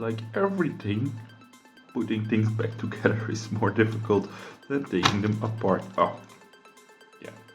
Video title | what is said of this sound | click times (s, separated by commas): Can We Fix It? - Nilfisk Handy Vacuum Cleaner | think something snapped into place I'm trying to push the wires in | 7.3 s